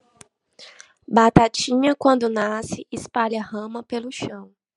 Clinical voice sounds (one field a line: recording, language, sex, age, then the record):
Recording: short text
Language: Brazilian Portuguese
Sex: female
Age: 30 to 39 years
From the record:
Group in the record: control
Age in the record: 30 years